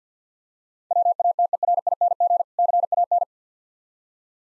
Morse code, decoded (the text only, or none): WATERING CAN